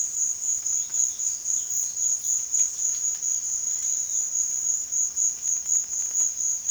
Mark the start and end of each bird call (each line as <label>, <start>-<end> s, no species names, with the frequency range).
bird call (2.3-6.4 kHz), 0.00-4.44 s